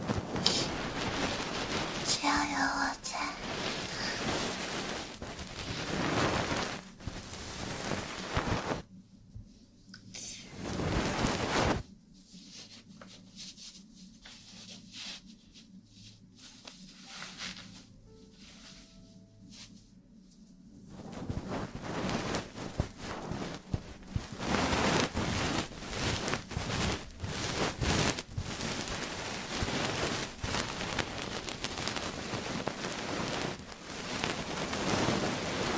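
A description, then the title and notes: Ear cleaning and massage sounds: dense, crackling rubbing and scratching that fills the first nine seconds, with a brief loud burst near eleven seconds. A quieter stretch of soft, low pulsing follows until about twenty-one seconds, then the thick rustling friction returns steadily. ASMR Ear cleaning & Ear massage.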